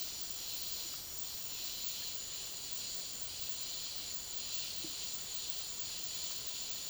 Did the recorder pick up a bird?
no